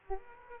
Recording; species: mosquito wingbeat signal from an infrared sensor; Aedes aegypti